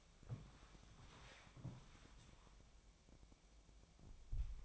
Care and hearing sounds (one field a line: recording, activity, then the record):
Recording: daily activity, microphone in the room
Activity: walk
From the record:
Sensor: 1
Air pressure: 1000.5 hPa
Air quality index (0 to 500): 169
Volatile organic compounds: 4 ppm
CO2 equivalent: 1571 ppm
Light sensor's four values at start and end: 14/35/14/16 and 14/34/14/16